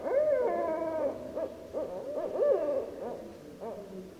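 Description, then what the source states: Barred owl giving a long drawn hoot with a wavering tail, followed by a few short cackling hoots. Recorded on 15 December 2012.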